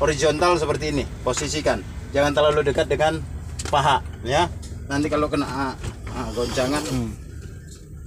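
In a Scania P360XT truck cab, the steering wheel column is tilted away from the driver's thighs so that jolts on the road don't hurt, while someone talks throughout. The column's tilt lock is being handled but nothing has seated or clicked yet.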